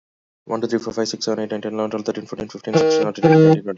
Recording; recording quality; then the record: counting at a fast pace; moderate, slight background noise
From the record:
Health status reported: healthy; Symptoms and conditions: none ticked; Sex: male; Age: 29 years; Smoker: not ticked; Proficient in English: yes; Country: India